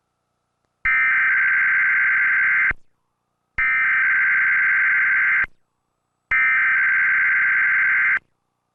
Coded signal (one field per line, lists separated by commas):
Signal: Emergency Alert System (SAME) tones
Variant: header bursts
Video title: Top 5 Worst EAS Required Monthly Test Audios Ever (PART 1)